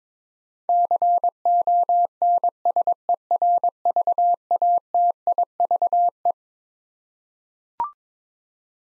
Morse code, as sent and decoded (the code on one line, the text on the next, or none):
-.-. --- -. ... . .-. ...- .- - .. ...- .
CONSERVATIVE